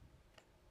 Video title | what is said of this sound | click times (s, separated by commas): How to Refill Trimmer Line for an Echo Speed Feed Head | it snaps into place and there should be no space around the mating surface | 0.4 s